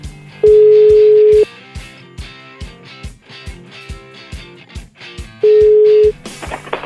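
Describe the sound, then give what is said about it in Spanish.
A phone call to a mobile phone rings twice, each ring a steady, loud, mid-pitched tone about a second long with a pause between, over a busy rhythmic backing of beats and tones. “Vámonos al celular.”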